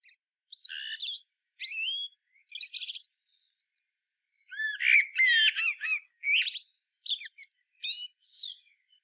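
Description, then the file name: Common blackbird song, with short rich warbles followed by high chattering flourishes, two phrase groups split by a brief silence. "Turdus merula"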